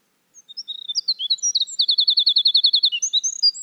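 Winter wren's high, rapid song: scattered tinkling notes build into a quick, even trill of repeated notes, then break into varied twittering phrases.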